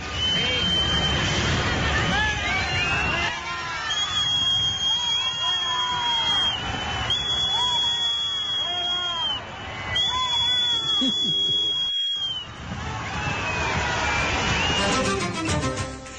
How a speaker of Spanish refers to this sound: Y vamos a escuchar lo que le sucedía ayer a Zapatero en el momento en el que llegaba y cuando se fue hubo un momento donde había un grupo que le hacía lo del abucheo y uno que incluso le hacía la cafetera, el silbido cafetera.